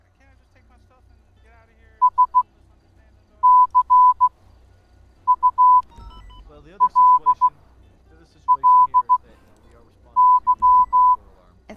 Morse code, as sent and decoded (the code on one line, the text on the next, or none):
... -.-. ..- .-.. .-.. -.--
SCULLY